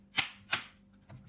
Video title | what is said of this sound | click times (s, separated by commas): G5-793-72AU How to replace laptop screen for Acer Predator LCD | still snapping into place it's going to continue to work around the perimeter where the clips are | 0.2 s, 0.5 s